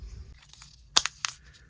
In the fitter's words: so there it goes it just snaps right in there